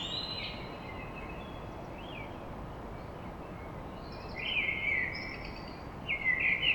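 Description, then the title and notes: Common blackbird singing short mellow phrases with squeaky twittered endings, several bursts spaced throughout against a low background hiss. Song recorded at dawn in Paris. "Blackbird Poetry At Paris On. Enregistrement d'un chant de merle à l'aube dans Paris"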